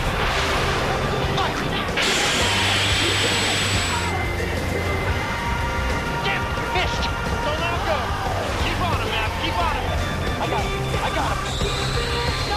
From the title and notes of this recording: Flying an F-14 Tomcat with Maverick and Iceman || Top Gun Ambience. Cockpit of an F-14 Tomcat cruising the blue skies.